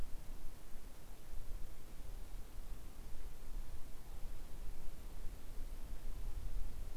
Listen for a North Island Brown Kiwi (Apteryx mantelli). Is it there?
no